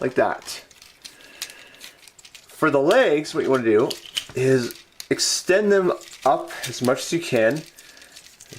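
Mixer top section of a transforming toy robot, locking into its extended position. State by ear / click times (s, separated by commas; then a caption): seated / 1.4 s. Someone talks, then the top section of the mixer on a plastic transforming toy robot is extended forward on the second side, making a quick run of ratchet-like clicks starting at 1.4 s and continuing to about 2.4 s. The part locks into its extended position, and the talking resumes.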